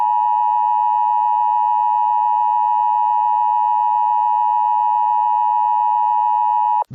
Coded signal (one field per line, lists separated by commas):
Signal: Emergency Alert System (SAME) tones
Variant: 853 and 960 Hz attention tone